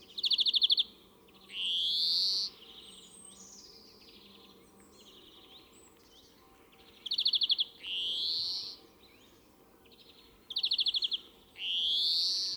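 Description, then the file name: European greenfinch song: high rapid trills alternating with long rising buzzy wheezes, three trill-and-wheeze cycles at irregular intervals, with a faint steady hum beneath. "Chloris chloris"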